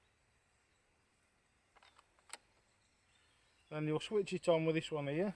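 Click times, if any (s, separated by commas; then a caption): 2.3 s. A Oneleaf NV100 Commander night vision clip-on unit is twisted onto the rear of the scope on an unloaded rifle, with faint ticks near 1.8 and 2.0 seconds before a sharp click at 2.3 seconds as its mount locks in place. Someone then talks from about 3.7 seconds.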